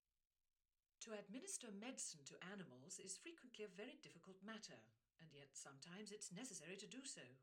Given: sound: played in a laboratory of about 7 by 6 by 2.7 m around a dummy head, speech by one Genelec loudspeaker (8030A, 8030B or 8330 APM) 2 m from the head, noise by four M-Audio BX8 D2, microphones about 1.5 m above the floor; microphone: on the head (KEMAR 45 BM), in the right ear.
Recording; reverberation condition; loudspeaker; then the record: female speech in English; low; 60 degrees to the right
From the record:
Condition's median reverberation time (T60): about 310 ms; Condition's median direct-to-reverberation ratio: about 3.5 dB